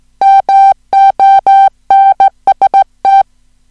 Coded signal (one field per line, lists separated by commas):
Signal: Morse code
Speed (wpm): 17 wpm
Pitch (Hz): 780 Hz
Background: music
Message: MONST